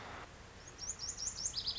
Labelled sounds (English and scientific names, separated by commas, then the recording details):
Lazuli Bunting (Passerina amoena)
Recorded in Sonoma County, California